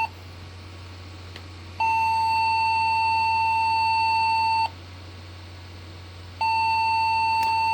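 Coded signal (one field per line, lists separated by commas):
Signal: beep code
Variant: PC BIOS POST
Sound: a long steady beep of about 3 seconds, a pause, then another long beep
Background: low fan hum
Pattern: 1 long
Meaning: One long beep means POST failed; often a memory fault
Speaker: one long beep and of course no boot makes me wonder what we might be looking at I'm gonna guess uh dead CMOS battery uh possibly a memory issue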